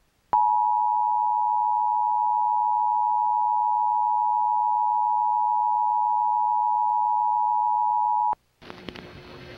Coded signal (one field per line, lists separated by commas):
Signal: Emergency Alert System (SAME) tones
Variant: 853 and 960 Hz attention tone